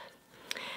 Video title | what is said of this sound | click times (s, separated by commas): 4 Quick Releases for GoPro Hero 11 and DJI Osmo Action 3 - Best Action Camera Accessories | to attach the claw just take the base plate and push it into the base until you hear a snap | 0.5 s